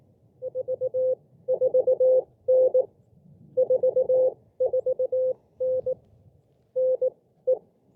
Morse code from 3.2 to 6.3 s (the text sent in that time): 44N